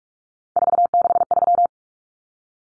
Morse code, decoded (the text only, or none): 463